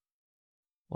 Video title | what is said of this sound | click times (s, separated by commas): Dell Latitude E4310: How to Remove and Replace Key Components | So I'll just slide this in, and then you'll hear a click. | 1.0 s